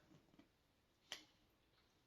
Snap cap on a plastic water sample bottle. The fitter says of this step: my CAPA snapped into place I want to make sure that my label has been filled out with my initial and at the time you can do this before you grab the sample it's actually a little bit easier to do this before the tape is wet but